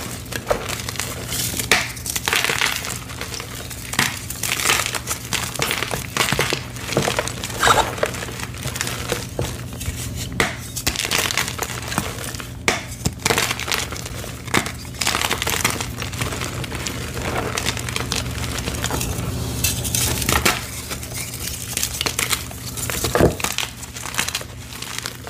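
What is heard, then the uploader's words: Dyed gym chalk is crushed by hand, giving a dense, continuous run of dry crumbling and crinkling with sharper crackling bursts every second or so. The sound stays fairly steady throughout, over a low hum. Colorful Dyed Gym Chalk Throwbacks! Satisfying Gym Chalk Crushing ASMR. Colorful dyed gym chalk crushing.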